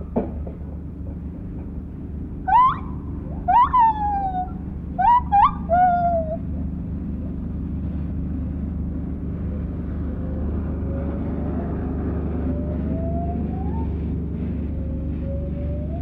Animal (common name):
Lar Gibbon